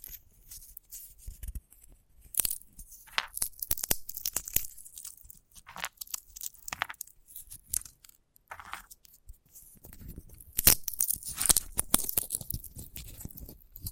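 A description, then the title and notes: Dry crackling and tearing sounds from handling a sunflower head come in irregular bursts, with sharp crisp snaps and rustles. Quieter gaps separate the clusters, and the loudest, densest crackling arrives around the eleventh and twelfth seconds. ASMR of a Sunflower Head (No Talking).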